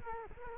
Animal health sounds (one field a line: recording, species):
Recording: mosquito wingbeat signal from an infrared sensor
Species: Culex quinquefasciatus